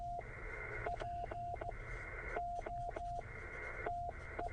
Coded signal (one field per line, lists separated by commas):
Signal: Emergency Alert System (SAME) tones